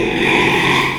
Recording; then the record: squeal of a Yucatan mini pig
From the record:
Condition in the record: after surgery on the right vocal fold (resection and tissue-engineered implant); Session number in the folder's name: 1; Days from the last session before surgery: 6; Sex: male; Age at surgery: 12 weeks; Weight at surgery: 13 kg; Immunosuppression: cyclosporine, prednisolone